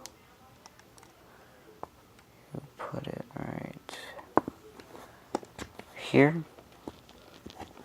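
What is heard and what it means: A detachable plastic piece, the mic or cable, is handled at the ear cup socket of a Tritton Kunai headset, where it is meant to twist-lock into place. Someone talks over scattered light taps and handling ticks, with one sharper tick near 4.4 s. Nothing has seated or clicked yet; the part is not home by the end.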